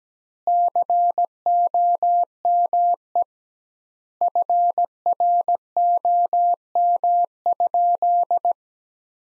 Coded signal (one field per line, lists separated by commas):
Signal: Morse code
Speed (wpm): 17 wpm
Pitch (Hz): 700 Hz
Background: none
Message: COME FROM?